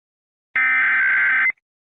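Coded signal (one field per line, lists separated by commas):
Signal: Emergency Alert System (SAME) tones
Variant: header bursts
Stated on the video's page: EAS scenario, a fictional alert.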